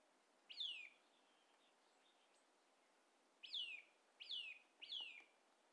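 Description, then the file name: Eurasian nuthatch calling: one descending note, a long pause, then three similar falling notes in quick succession. "Sitta europaea"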